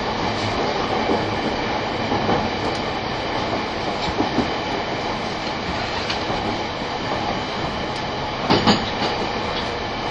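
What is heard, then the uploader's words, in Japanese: Running sound of an E231 series Shonan-Shinjuku Line special rapid train: a steady, dense roar of wheels and motion at an even level throughout. Occasional short clunks from the rails break through, the sharpest near the end alongside a brief high squeal. E231系 湘南新宿ライン特別快速01 大宮～大船。浦和駅と武蔵小杉駅が未開業時の最速運転時代だった、E231系特別快速を収録したものです。走行音。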